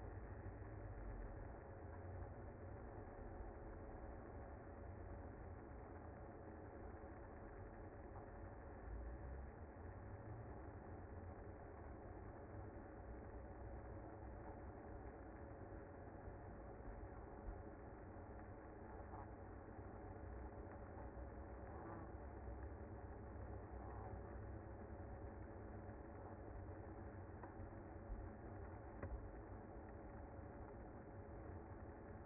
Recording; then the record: honeybee colony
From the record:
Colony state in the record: active